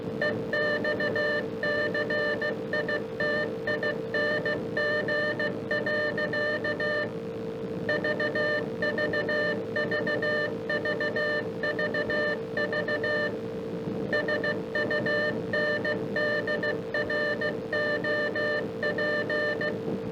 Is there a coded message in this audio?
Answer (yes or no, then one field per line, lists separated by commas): yes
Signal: Morse code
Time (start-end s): 0.2-19.7 s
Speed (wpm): 16 wpm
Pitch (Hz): 1800 Hz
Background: none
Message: EXCITING. VVVVVV SUNDROP